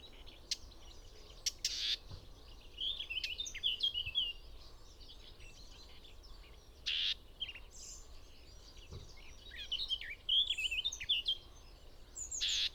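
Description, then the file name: Eurasian blackcap song: several bursts of fast, varied warbling notes throughout, broken by brief sharp clicks or knocks. "Sylvia atricapilla"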